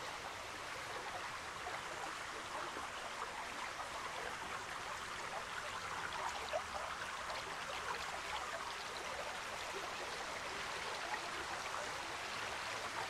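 Water rushes steadily along a sandstone creek, a dense, even hiss of churning flow that holds its level for the whole stretch. The sound sits mostly in the middle and upper range, with a faint low rumble underneath and no separate events standing out.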